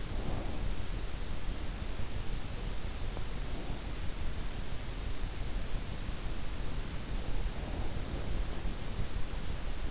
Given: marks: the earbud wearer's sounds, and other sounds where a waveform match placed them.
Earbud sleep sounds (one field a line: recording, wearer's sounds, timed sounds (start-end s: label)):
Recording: sounds in sleep by an in-ear microphone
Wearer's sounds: breath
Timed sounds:
0.00-0.70 s: breath